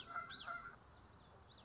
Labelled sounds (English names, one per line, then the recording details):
Common Yellowthroat
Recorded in Sonoma County, California